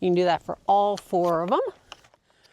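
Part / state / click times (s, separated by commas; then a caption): camp chair foot section into chair leg tube / seated / 1.9 s. Someone talks while a removable foot section of a camp chair is pushed into the leg tube to change its height. A sharp snap at 1.9 s marks the extension seating in place.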